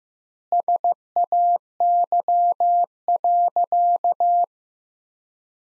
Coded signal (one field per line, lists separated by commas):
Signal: Morse code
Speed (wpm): 15 wpm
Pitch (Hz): 700 Hz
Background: none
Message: SAY.